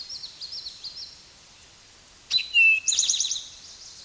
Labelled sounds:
Eastern Towhee (Pipilo erythrophthalmus) song

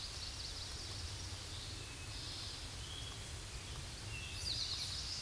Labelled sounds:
Eastern Towhee (Pipilo erythrophthalmus) song

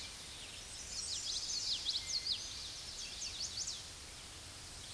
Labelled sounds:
Common Yellowthroat (Geothlypis trichas) song

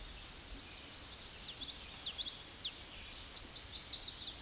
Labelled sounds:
Common Yellowthroat (Geothlypis trichas) song

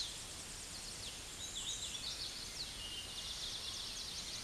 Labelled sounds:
Hooded Warbler (Setophaga citrina) song

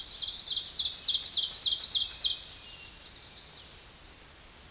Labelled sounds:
Ovenbird (Seiurus aurocapilla) song

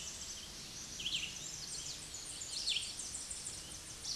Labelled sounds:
Tennessee Warbler (Leiothlypis peregrina) song

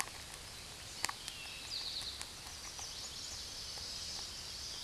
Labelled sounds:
Eastern Towhee (Pipilo erythrophthalmus) song

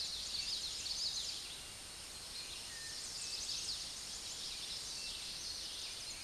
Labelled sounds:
Chestnut-sided Warbler (Setophaga pensylvanica) song

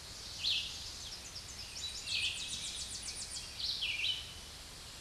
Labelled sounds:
Tennessee Warbler (Leiothlypis peregrina) song

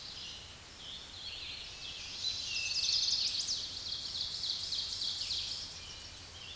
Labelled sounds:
Ovenbird (Seiurus aurocapilla) song

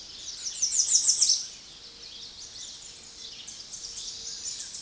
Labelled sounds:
American Redstart (Setophaga ruticilla) song

